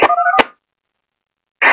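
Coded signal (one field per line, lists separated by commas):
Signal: DTMF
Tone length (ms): 70 ms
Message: 1234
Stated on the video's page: Local amateur radio communications net.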